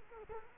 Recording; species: mosquito wingbeat signal from an infrared sensor; Culex quinquefasciatus